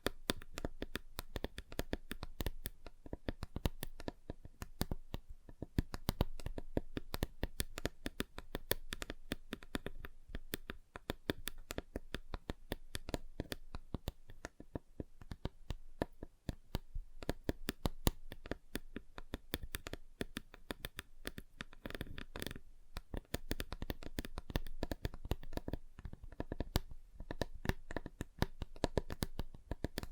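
Rapid fingers tapping on a table, a dense, uneven patter of sharp clicks running throughout the whole clip with slight swells in intensity.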